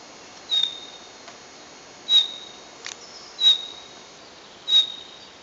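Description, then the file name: Common chaffinch giving sharp, high whistled call notes roughly every one and a half seconds, with a faint hiss throughout. "Fringilla coelebs"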